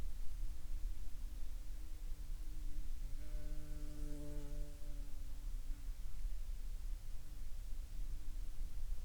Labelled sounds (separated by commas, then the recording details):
insects
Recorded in the Prudhoe Bay oil fields, Alaska, on 22 July 2021 at 08:35
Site 13